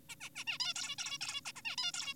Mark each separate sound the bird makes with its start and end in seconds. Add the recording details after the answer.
0.09-0.15, 0.21-0.29, 0.35-0.45, 0.47-0.58, 0.60-0.73, 0.76-0.96, 0.99-1.18, 1.21-1.41, 1.45-1.52, 1.56-1.62, 1.65-1.76, 1.78-1.92, 1.94-2.14. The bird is an adult. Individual g4p5U